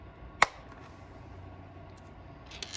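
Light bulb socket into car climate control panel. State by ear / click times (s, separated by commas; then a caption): seated / 0.4 s. During a light bulb replacement on a 2004–2005 Monte Carlo/Impala, a light bulb socket is pushed into the plastic climate control panel and gives a sharp click at 0.4 s as it seats. Two faint ticks follow near 2.6 s and 2.8 s over quiet background hiss.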